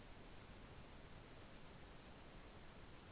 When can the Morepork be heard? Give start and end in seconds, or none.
none